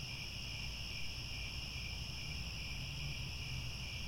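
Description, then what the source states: Crickets trilling continuously in overlapping high bands, a steady unbroken chorus above low background rumble. Crickets chirping at twilight.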